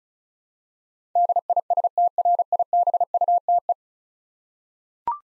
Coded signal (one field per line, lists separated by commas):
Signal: Morse code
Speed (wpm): 36 wpm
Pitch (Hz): 700 Hz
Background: none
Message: DISTRIBUTE